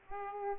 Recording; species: mosquito wingbeat signal from an infrared sensor; Aedes aegypti